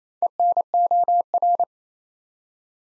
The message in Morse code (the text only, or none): ENOR